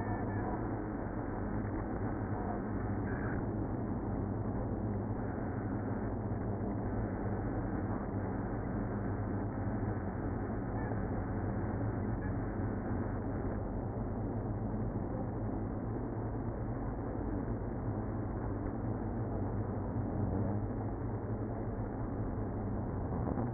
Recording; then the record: honeybee colony, microphone inside the hive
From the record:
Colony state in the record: queenless (queen removed); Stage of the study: after two queens were removed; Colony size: about 60,000 bees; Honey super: yes